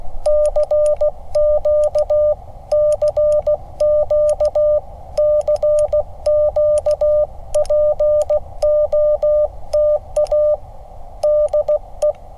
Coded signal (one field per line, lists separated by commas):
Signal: Morse code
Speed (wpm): 16 wpm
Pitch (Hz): 600 Hz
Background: none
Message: CQ CQ CQ POTA DE